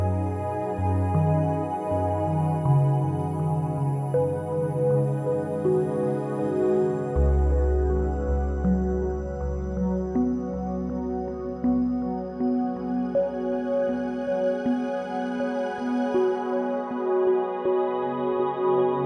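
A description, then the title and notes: Binaural beats under a slow ambient drone, with a deep sustained bass tone entering around seven seconds and holding to the end. Soft synth notes step gently through the middle register, and the sound stays smooth, dense and steady throughout. Binaural Beats.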